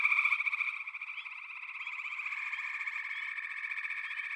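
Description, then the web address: Frog chorus beginning with a loud pulsed trill that fades into a continuous overlapping churr of many callers with scattered rising chirps. A chorus of frogs calling together. "Echoes of Nature - Frog Chorus"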